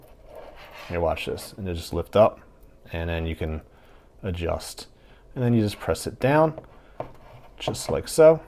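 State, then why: Not seated. A micro-adjust latch on a metal watch bracelet clasp is handled: someone talks while a tool lifts the flap and adjusts it. A short sharp transient comes near the end, but nothing has seated or clicked home yet.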